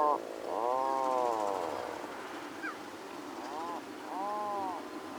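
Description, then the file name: Atlantic puffin giving soft, drawn-out arching groans, several in sequence with short pauses, over a steady hiss of background noise. "Canto do papagaio do mar"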